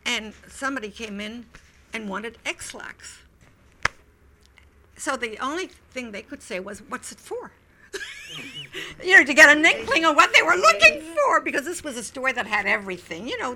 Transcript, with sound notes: And somebody came in and wanted ExLax. So the only thing they could say was, "What's it for?" ( she laughs ) You know, to get an inkling of what they were looking for, because this was a store that had everything, you know.